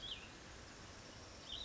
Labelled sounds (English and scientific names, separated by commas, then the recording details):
Cassin's Vireo (Vireo cassinii)
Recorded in Sonoma County, California